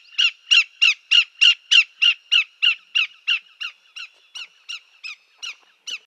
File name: Greater Yellowlegs - Tringa melanoleuca